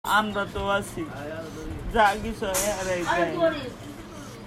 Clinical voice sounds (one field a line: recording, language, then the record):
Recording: elicited speech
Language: Bengali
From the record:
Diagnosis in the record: Broca's or global aphasia after a stroke